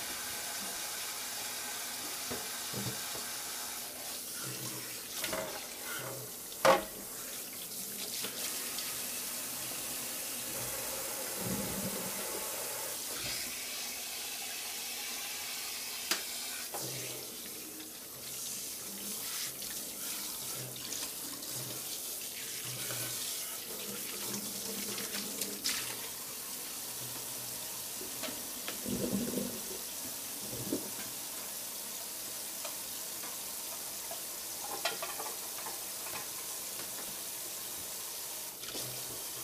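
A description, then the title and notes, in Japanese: Dishes being washed at a sink, with a steady bright hiss of running water through the whole stretch. Sharp clinks of plates and utensils break through now and then, strongest near 7, 16 and 35 seconds, with softer knocks and splashes between. 洗い物の後はえびそば。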